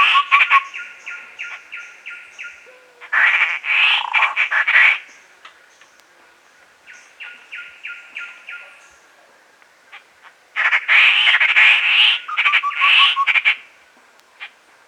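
Fluffy-backed tit-babbler calls: runs of quick, evenly spaced notes broken by two loud, harsh chattering bursts, over a steady thin background tone.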